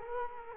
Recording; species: mosquito wingbeat signal from an infrared sensor; Culex quinquefasciatus